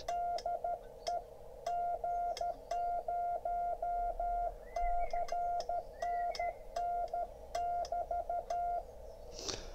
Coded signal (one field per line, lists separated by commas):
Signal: Morse code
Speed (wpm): 12 wpm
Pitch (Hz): 700 Hz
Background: none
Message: DE G0CNN<BT>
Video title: Making a Morse Paddle on International Morse Code Day!